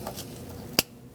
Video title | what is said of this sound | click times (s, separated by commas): How to Replace Fuel Tank Sending Unit 2008-2014 Mercedes-Benz C300 3.0L V6 | Same thing. Make sure you hear that click. | 0.8 s